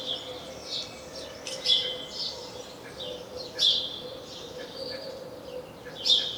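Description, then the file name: House sparrow calls, a run of overlapping chirps with louder notes roughly every two seconds, over a faint continuous low hum. "Passer domesticus"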